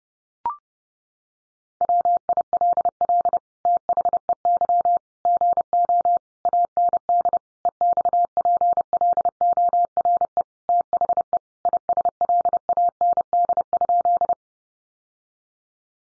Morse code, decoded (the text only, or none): WILL THEY GO AND EXPLORE THE ISLAND?